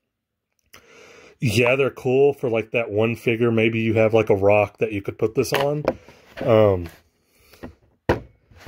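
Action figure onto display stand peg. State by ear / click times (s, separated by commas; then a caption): not seated / none. A plastic wrestling action figure is handled over a plastic display stand peg while someone talks, with small handling knocks near 0.6 s, 0.7 s and 7.5 s. Nothing has seated or clicked onto the peg yet by the end of the clip.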